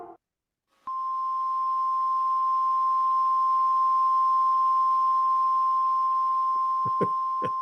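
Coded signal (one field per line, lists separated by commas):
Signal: Emergency Alert System (SAME) tones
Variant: 1050 Hz attention tone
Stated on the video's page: UK Emergency Alert system's first national test.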